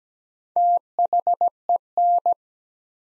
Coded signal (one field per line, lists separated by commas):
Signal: Morse code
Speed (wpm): 17 wpm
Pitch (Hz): 700 Hz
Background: none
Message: THEN